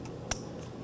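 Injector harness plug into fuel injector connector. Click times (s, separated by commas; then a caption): 0.3 s. A wiring harness plug is pushed onto the plastic electrical connector of a fuel injector on the engine of a 2003-2008 Toyota Corolla. A faint tick comes at 0.1 s, then a sharp, bright click at 0.3 s shows the connector seating so the plug won't pop off and cause misfiring.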